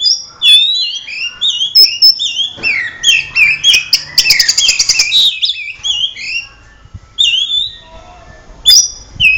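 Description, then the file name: Oriental magpie-robin song, varied bright whistles and slurred notes, with a burst of rapid rattling clicks in the middle before the whistling resumes. Kacer song simulating an Indonesian songbird contest. "audio simulasi lomba untuk kacer omkicau"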